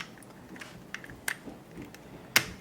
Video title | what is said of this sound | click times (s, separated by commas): TW-01 Hegemon | and that should snap into place underneath so then we get the triggers | 2.4 s